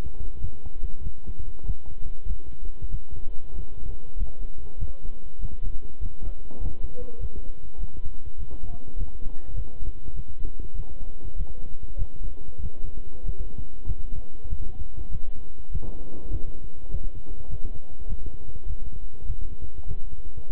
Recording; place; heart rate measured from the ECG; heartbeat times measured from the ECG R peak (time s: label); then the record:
heart sounds by stethoscope; between the tricuspid and mitral areas; 99 bpm
0.39 s: heartbeat
1.01 s: heartbeat
1.64 s: heartbeat
2.25 s: heartbeat
2.89 s: heartbeat
3.53 s: heartbeat
4.16 s: heartbeat
4.77 s: heartbeat
5.39 s: heartbeat
6.00 s: heartbeat
6.60 s: heartbeat
7.18 s: heartbeat
7.78 s: heartbeat
8.37 s: heartbeat
8.96 s: heartbeat
9.54 s: heartbeat
10.14 s: heartbeat
10.74 s: heartbeat
11.35 s: heartbeat
11.97 s: heartbeat
12.60 s: heartbeat
13.23 s: heartbeat
13.85 s: heartbeat
14.48 s: heartbeat
15.09 s: heartbeat
15.70 s: heartbeat
16.29 s: heartbeat
16.89 s: heartbeat
17.48 s: heartbeat
18.07 s: heartbeat
18.65 s: heartbeat
19.25 s: heartbeat
19.85 s: heartbeat
20.48 s: heartbeat
From the record:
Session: walking at 3.7 km/h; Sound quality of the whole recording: good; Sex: male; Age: 26 years